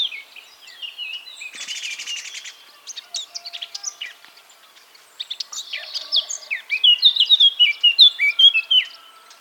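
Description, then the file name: Eurasian blackcap song: soft, scratchy warbling that builds into a louder run of bright fluty whistles near the end. "Sylvia atricapilla"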